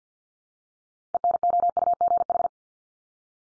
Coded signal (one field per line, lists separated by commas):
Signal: Morse code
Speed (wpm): 50 wpm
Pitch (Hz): 700 Hz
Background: none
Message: ENOUGH